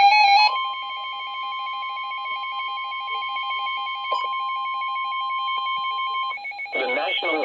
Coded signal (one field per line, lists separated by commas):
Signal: Emergency Alert System (SAME) tones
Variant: 1050 Hz attention tone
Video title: NOAA WX: Severe Thunderstorm Warning 2/24/23 (EAS #212)